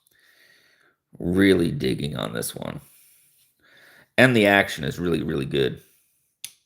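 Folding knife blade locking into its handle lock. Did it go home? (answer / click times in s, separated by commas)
yes / 6.4 s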